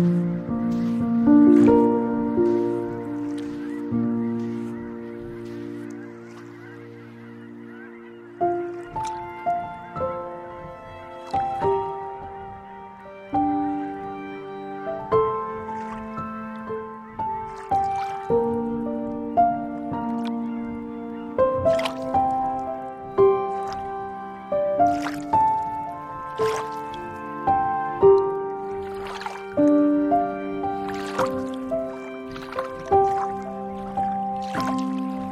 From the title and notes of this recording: Kelley Point Soundwalk distinctly captures the sound of the lapping Columbia River with ASMR-like sensitivity, forming a unique backdrop for piano, strings, and hushed, undulating synth drones.